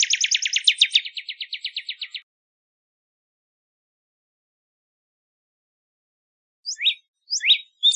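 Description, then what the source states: Northern cardinal song: a fast trill of repeated downslurred notes for about two seconds, then silence before a few separate slurred notes. Recorded in Arizona.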